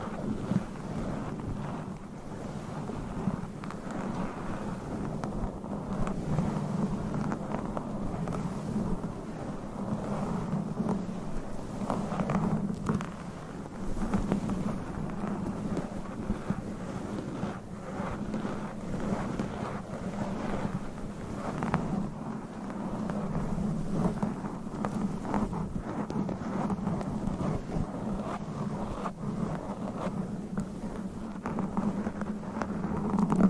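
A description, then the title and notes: Layered scratching of long nails on a microphone makes a dense, continuous rumbling rasp, strongest in the low-mid range. It stays steady for the whole stretch, with quick scraping strokes flickering through and small dips around thirteen seconds, and nothing else is heard. ASMR Mic Scratching - Brain Scratching Layered Asmr No Talking for Sleep with Long Nails.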